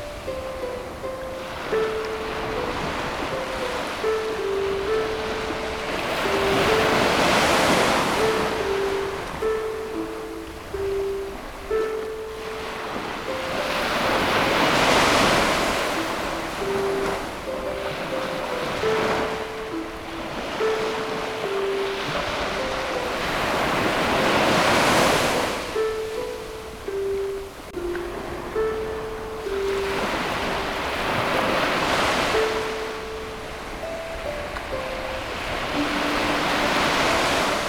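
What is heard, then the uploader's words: Ocean waves roll in and recede in slow swells, cresting roughly every five seconds, around 7, 15, 25 and 32 seconds. Over the constant hiss of surf, a harp plays a gentle, unhurried melody of plucked mid-range notes that ring briefly and overlap. Relaxing ocean waves and harp.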